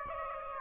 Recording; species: mosquito wingbeat signal from an infrared sensor; Aedes aegypti